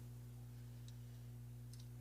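A plastic section of a Transformers Legacy Velocitron Speedia 500 Collection Scourge action figure is bent out on its ratcheting joint during transformation, then folded back in. Two faint, sharp clicks sound at 0.9 s and 1.7 s over a steady low hum, with a softer follow-up tick just after the second. The joint pops out two detents and holds in place.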